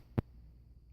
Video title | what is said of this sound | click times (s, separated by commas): How to prepare a flowtrac | do you hear the click | 0.2 s